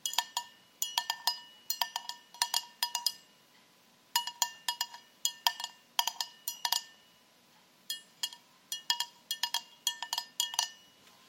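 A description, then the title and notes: Rhinestone-covered fingertips tap bright, glassy clicks in quick clustered bursts of several strikes, with short pauses between groups and faint ringing tones. ASMR Tapping With Rhinestone Fingers. TAPPING on many different surfaces.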